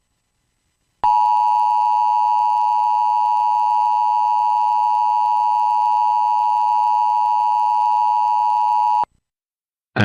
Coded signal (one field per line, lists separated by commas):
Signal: Emergency Alert System (SAME) tones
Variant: 853 and 960 Hz attention tone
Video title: EAS Mock of Useless Amber Alert (Maryland) - @jcraver98